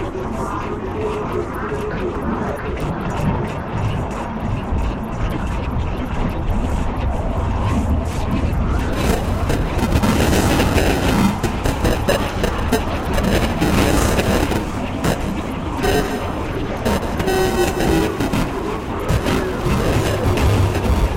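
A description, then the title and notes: Sporadic percussive textures over a dense, rumbling low wash, with clicks and taps growing brighter and busier after about nine seconds. Experimental Textures with Percussion Modules and Burst Generators. In this episode we trigger the Kraken and BIA with burst generators to create sporadic percussive textures which are then run through a plethora of FX modules!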